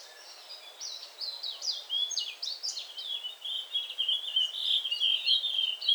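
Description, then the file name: Blue-and-white flycatcher delivering fast high twittering notes, steep slurred chirps followed by a continuous warbled stretch. "sikatan bakung"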